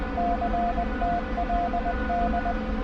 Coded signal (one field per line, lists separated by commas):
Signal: Morse code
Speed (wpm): 20 wpm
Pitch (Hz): 700 Hz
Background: none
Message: CTLD